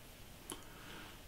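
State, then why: Seated. A crimped middle pin, whose wire was a little shorter and had not clicked all the way in, is pushed again into a multi-pin plastic connector housing. A single sharp, brief click sounds at 0.5 s over a quiet background. The pin now sits fully home, with all pins where they should be.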